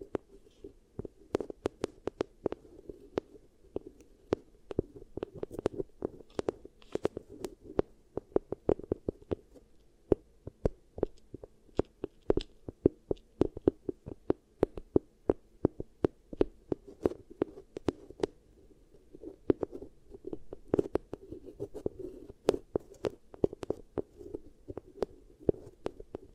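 Beeswax ear triggers: dense, irregular crackling snaps and squishes, with soft muffled low rubbing underneath, continuing steadily throughout without pause.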